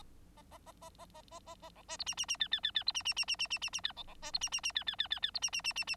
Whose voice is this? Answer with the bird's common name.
Bengalese Finch